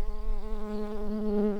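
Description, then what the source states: Early bumblebee buzzing steadily, a low droning hum with stacked harmonics, pitch wavering slightly throughout. Bombus pratorum workers.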